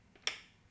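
A black ink cartridge is lined up in the black slot of the carriage of an Epson Expression XP-8500 Small-in-One inkjet printer and gently pressed down. A faint tap at 0.2 s is followed by a sharp, bright click at 0.3 s that quickly fades. The cartridge seats in its slot.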